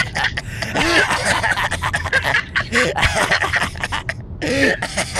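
Repeated harsh, rough coughs come in three clustered bouts over about five seconds, with strained voiced catches between bursts, heard through a muffled phone line. A wet-sounding, forceful, horrible-sounding coughing fit from a very sick adult man calling in while driving.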